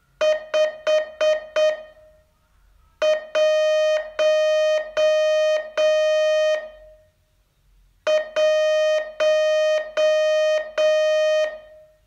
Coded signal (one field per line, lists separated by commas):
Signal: Morse code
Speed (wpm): 7 wpm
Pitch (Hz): 620 Hz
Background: music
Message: 5 1 1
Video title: Learn Morse in 42 Days from VU2LAU - day 34